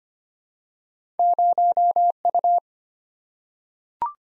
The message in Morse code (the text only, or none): 0U